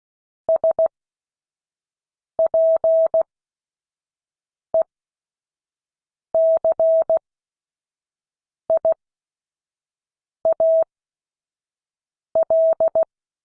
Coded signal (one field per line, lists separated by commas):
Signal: Morse code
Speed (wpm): 16 wpm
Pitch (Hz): 650 Hz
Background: none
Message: SPECIAL